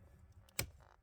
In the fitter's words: there is a mechanical click of it going into place so make sure that that is all squared away